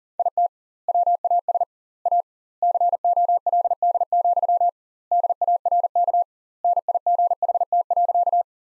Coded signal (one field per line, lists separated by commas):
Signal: Morse code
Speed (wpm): 40 wpm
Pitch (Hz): 700 Hz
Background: none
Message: IT WAS A COLD, DARK NIGHT.